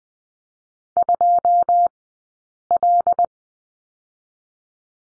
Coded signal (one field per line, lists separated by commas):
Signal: Morse code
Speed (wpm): 20 wpm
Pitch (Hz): 700 Hz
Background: none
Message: 2 L